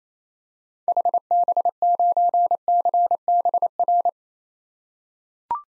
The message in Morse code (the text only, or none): HB9CBR